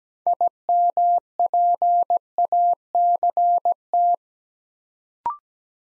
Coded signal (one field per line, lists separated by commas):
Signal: Morse code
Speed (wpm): 17 wpm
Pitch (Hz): 700 Hz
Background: none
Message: IMPACT